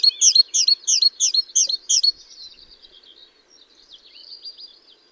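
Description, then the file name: Great tit calling: six rapid, high, sharp double notes in about two seconds, then faint soft twittering. "Parus major"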